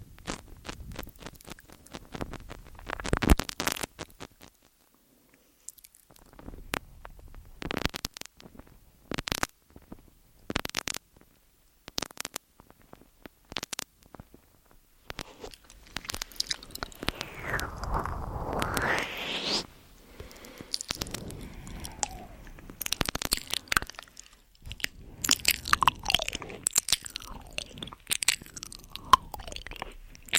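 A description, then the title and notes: Mouth sounds and eating: wet, crunchy chewing and biting come in short irregular bursts separated by brief silences. Around 17 to 20 seconds a longer, louder smacking passage with a sweeping swish stands out, followed by denser clicks and crackles to the end. MOUTH SOUNDS & EAR EATING Tascam & Dummyhead.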